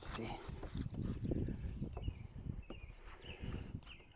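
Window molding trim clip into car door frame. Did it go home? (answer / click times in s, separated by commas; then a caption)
no / none. A window trim molding clip on a 2012–2015 Honda Civic is pushed by hand into the car door frame while someone talks. Brief taps and rustles are heard, but the clip has not clicked or seated, so it is pushed in again.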